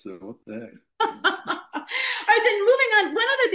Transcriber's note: laughs